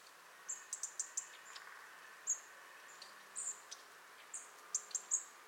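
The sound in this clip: European robin with repeated very high ticks in short runs and thin whistled notes, over a noticeable broad background hiss.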